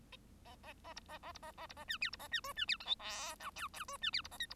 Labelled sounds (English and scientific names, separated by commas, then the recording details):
Bengalese Finch (Lonchura striata domestica) song
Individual Bird1